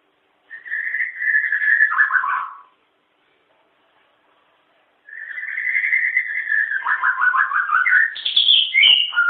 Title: Kicau Burung Pentet